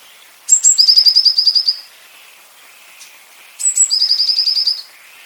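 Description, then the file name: Eurasian blue tit singing twice, three seconds apart: each phrase opens with sharp high notes and runs into a fast, even, ringing trill lasting about a second. "Cyanistes caeruleus"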